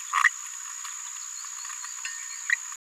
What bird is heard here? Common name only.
Green-rumped Parrotlet